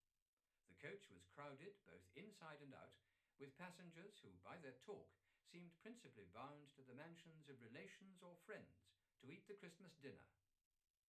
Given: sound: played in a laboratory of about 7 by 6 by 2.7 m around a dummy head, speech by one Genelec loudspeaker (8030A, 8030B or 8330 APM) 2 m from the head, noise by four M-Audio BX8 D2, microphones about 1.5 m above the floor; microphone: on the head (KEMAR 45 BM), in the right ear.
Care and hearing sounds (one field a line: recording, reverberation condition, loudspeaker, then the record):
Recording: male speech in English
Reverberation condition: low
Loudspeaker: 150 degrees to the right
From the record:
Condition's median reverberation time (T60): about 310 ms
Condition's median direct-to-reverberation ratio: about 3.5 dB